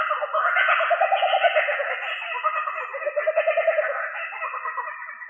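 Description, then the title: Australorp chickens in a steady chorus of rapid, pulsing clucks and trilled chatter, many birds overlapping continuously without a break. "manok ostrali"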